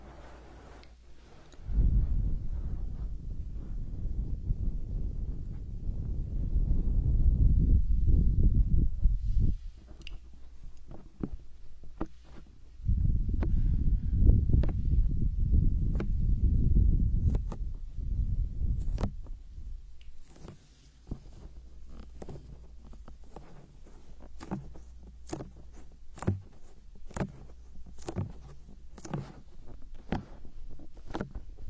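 A hand massage, with two stretches of low, dense rubbing, one from about two to ten seconds and another from thirteen to nineteen. After that the sound turns to sparse, sharp taps and clicks that come more often toward the end.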